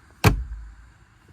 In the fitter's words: so once you start shutting it it clicks back in place place